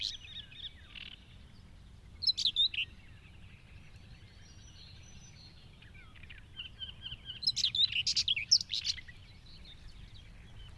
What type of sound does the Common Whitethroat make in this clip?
song